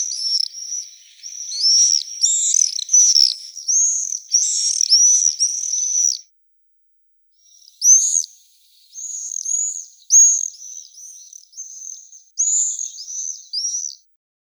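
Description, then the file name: Common swift screaming: repeated shrill, buzzy high screeches in rapid bursts, several calls overlapping, with a short silent gap midway before more screams. "Apus apus"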